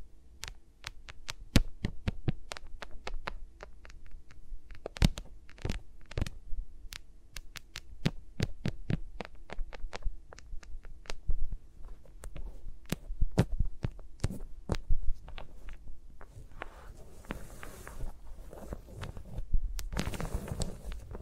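Fingers move around microphones, making a dense run of sharp taps and clicks that come several times a second for the whole stretch, some louder and thumping. A low hum runs underneath, and near the end a brief rustling hiss and rumble join in.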